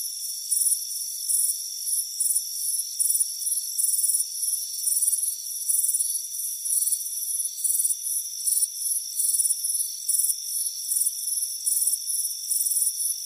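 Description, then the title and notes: Crickets giving quick, shrill chirps about twice a second, backed by an unbroken high insect drone. Crickets chirping on a warm afternoon on a front porch. "Soothing Crickets Chirping Sound. It's a warm afternoon as you relax in a hammock on the front porch. Deep Sleep Sounds"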